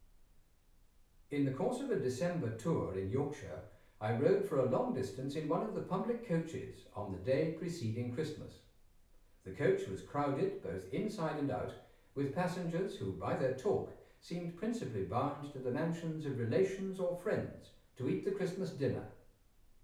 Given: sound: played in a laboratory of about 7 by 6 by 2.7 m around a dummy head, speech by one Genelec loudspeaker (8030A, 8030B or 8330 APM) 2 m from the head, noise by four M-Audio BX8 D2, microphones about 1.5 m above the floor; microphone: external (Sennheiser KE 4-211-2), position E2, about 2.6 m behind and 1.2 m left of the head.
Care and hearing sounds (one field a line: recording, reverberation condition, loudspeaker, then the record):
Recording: male speech in English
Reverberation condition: medium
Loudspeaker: 90 degrees to the right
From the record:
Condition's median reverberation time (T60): about 510 ms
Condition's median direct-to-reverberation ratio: about -0.5 dB